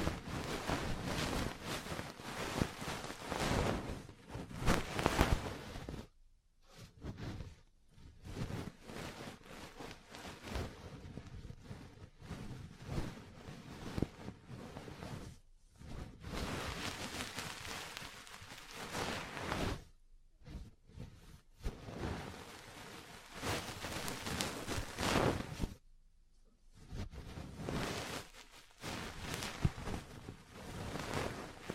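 Ear cleaning, massage, cupping and tapping make dense, crackly rubbing and scratching sounds with quick taps mixed in, filling the range from low to bright. Short silent gaps break the activity around 6–8, 15, 20 and 26 seconds.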